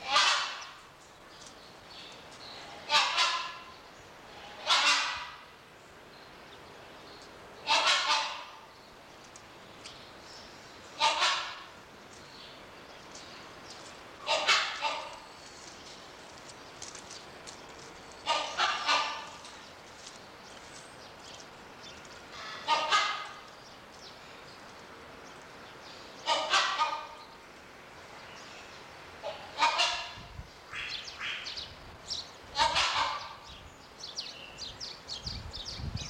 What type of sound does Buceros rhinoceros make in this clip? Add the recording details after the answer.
duetting. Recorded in captivity. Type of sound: duetting. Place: Zoo Berlin, Berlin, DE. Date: 1987-02-06 11:03. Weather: cloudy, windy 3°. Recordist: Tembrock, Günter. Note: wie 19